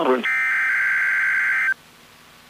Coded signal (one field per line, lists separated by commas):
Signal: Emergency Alert System (SAME) tones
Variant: header bursts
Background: speech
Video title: NOAA Weather Radio - Weekly EAS Test - 11/21/18